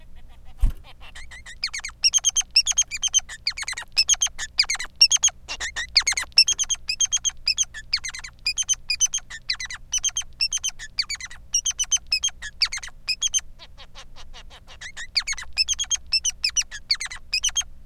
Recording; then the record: song of a male Bengalese finch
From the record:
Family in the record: son of father 3